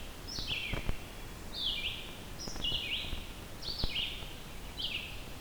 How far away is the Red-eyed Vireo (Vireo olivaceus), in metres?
about 45 m